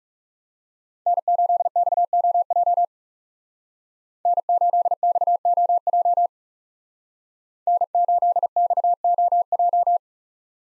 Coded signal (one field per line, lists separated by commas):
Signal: Morse code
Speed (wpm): 37 wpm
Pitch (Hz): 700 Hz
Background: none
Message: N8XOJ N8XOJ N8XOJ